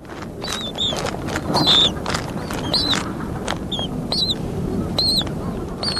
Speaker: Here's the sound of Adelie penguin chicks recorded in Antarctica.